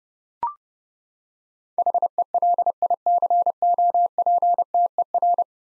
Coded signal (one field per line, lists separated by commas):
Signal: Morse code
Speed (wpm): 30 wpm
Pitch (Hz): 700 Hz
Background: none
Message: HELICOPTER